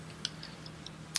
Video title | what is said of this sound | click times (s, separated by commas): Beyblade Lab b-191 dangerous prominence phoenix #beyblade | and you clip it on that basically means that the armor can snap off if you take these points and you line them up | 1.2 s